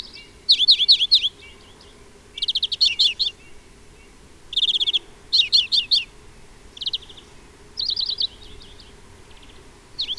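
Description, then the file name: European greenfinch twittering in repeated short bursts of sharp, fast, high notes, with softer buzzy trills between them. "Chloris chloris"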